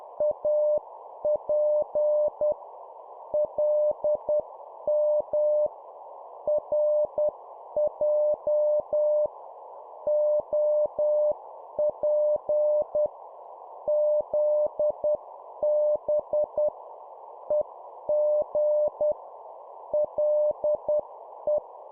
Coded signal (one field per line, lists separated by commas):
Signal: Morse code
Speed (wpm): 10 wpm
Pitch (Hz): 600 Hz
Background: none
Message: AP LM RJ OP ZB EG LE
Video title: 10wpm Two letter words, cw morse code